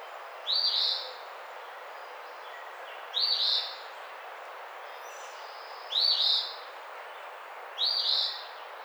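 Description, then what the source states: Eastern phoebe song: four raspy, slurred two-part phrases at uneven intervals. Recorded 28 April 2009.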